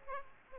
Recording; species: mosquito wingbeat signal from an infrared sensor; Aedes aegypti